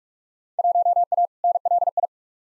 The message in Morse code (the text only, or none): 1A NLI